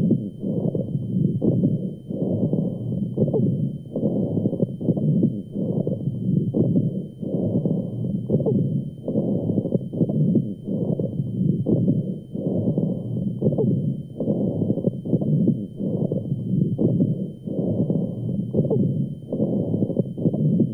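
Low-pitched, rattling, snoring breath sounds with coarse crackles over repeated breaths, heard over an adult chest with a stethoscope: rhonchi with crackles, a sign of secretions in larger airways.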